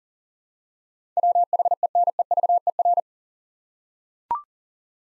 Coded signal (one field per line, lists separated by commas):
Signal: Morse code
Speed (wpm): 40 wpm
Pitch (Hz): 700 Hz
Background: none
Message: WHENEVER